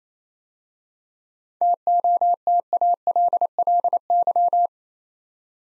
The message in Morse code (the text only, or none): TOTALLY